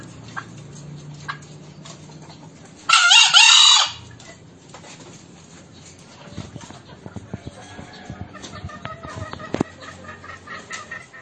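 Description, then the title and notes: Green junglefowl giving one short, harsh, hoarse crow lasting about a second, with scattered ticks and clicks before and after. Kokok call of green junglefowl, a master lure recording for trapping, meant to make wild junglefowl that will not call answer back. "Kokok Ayam Hutan. MASTERAN AYAM HUTAN HIJAU YANG MACET BUNYI WAJIB NYAUT. Pemikat Ayam Hutan"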